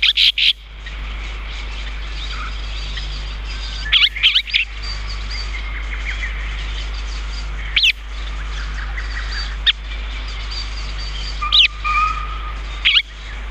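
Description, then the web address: Chestnut-cheeked starling calls: scattered short, scratchy chirps every few seconds, with soft whistled notes and a constant low background hum. "sikioto birds komukudori"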